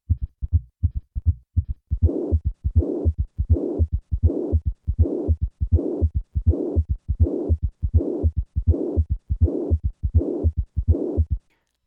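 A simulated heart beats regularly at about 81 a minute. After two quiet beats, a harsh murmur fills each systole and fades toward the second sound, followed by a third heart sound and a short diastolic rumble. This is acute, severe mitral regurgitation.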